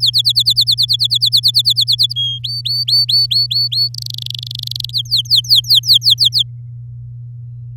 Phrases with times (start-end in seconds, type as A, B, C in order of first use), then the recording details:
0.00-2.13 A, 2.15-2.39 B, 2.43-3.89 C, 3.94-4.91 D, 4.93-6.43 E. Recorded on 11 May 2018 at 05:39. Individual llb16